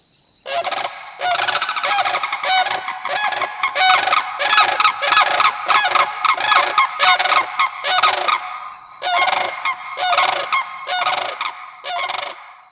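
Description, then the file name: Sandhill crane calls, loud rolling rattles repeated in quick bursts, over a steady high-pitched background hiss. "Sandhill Crane Lang Elliott"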